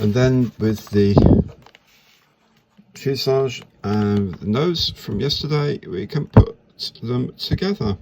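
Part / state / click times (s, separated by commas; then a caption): plastic nose section onto model aircraft fuselage / not seated / none. Someone talks while handling the plastic nose section of a 2022 new-tooling Airfix Buccaneer 1/48 scale model aircraft, bringing it to the fuselage to join them. A few faint, sharp ticks sound around 1.7 and 2.6 seconds during a quiet pause. The clip ends before the nose goes home, and nothing has seated or clicked yet.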